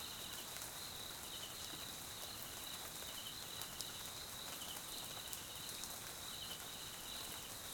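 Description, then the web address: Cricket chorus of repeated high, pulsing trills running throughout, partly masked by steady rain noise and occasional drop taps. South African crickets; Mkhaya, Swaziland; jungle at night during rain; background ambience. "GDC 2018-Game Audio Bundle Tonschliff - SOUTH AFRICAN CRICKETS BG Swaziland Mkhaya Jungle Night Rain"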